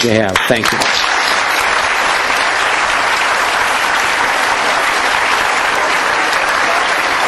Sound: applause